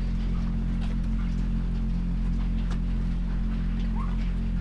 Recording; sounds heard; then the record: poultry house recording; sick chickens (respiratory disease)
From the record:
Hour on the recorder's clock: 22